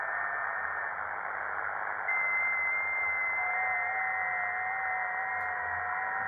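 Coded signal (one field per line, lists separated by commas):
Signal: FT8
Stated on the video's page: FT8 digital signal decoded on an ATS-120D receiver.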